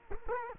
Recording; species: mosquito wingbeat signal from an infrared sensor; Culex quinquefasciatus